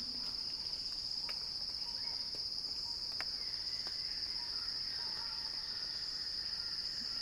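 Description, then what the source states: Cicada song, a continuous high-pitched whine that never pauses, with scattered soft bird notes and clicks underneath. Cicada song building in a crescendo.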